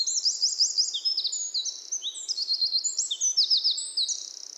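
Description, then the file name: Eurasian wren, shrill, rapid song continuing throughout, with repeated bright notes and dense trills. "Troglodytes troglodytes"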